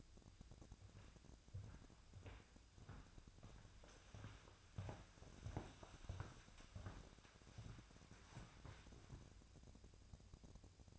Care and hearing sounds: daily activity, microphone in the room; walk to room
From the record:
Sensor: 2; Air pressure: 999.8 hPa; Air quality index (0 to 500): 121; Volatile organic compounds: 2 ppm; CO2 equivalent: 1045 ppm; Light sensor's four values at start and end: 32/77/34/39 and 32/76/34/38

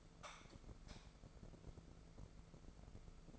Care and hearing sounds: daily activity, microphone in the room; light off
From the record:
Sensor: 5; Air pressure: 1014.6 hPa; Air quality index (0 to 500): 151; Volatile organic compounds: 4 ppm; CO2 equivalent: 1663 ppm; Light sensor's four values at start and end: 73/177/72/76 and 73/175/71/75

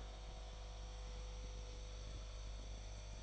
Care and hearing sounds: daily activity, microphone in the room; make coffee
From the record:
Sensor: 5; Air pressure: 1009.5 hPa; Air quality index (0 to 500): 167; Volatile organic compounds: 4 ppm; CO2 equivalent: 1623 ppm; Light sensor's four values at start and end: 96/252/103/109 and 95/252/103/109

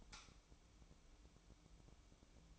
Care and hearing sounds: daily activity, microphone in the room; light on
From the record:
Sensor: 1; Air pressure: 1007.9 hPa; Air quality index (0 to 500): 115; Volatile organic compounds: 1 ppm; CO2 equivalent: 973 ppm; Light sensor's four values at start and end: 12/29/12/13 and 17/48/18/21

